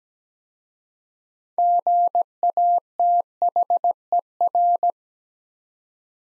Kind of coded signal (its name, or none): Morse code